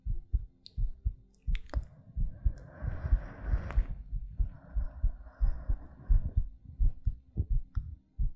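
A close, low heartbeat at about 86 beats per minute with soft breathing sounds in and out, heard as ASMR.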